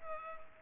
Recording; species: mosquito wingbeat signal from an infrared sensor; Culex pipiens